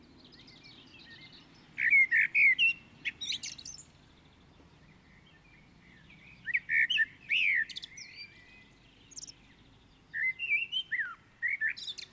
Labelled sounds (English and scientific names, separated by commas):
Common Blackbird (Turdus merula) song